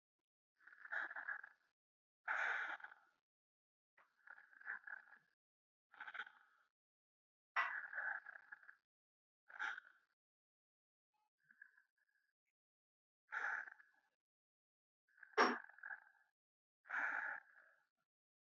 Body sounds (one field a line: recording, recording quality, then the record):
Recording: deep breathing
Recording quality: excellent, no background noise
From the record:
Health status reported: healthy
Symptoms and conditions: none ticked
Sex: female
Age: 25 years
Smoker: not ticked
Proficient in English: yes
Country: India